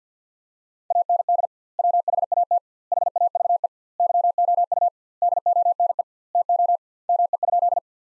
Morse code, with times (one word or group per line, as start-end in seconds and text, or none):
0.9-1.5 AND
1.8-2.6 WHAT
2.9-3.7 HAVE
4.0-4.9 YOU
5.2-6.0 DONE
6.4-6.8 TO
7.1-7.8 ME?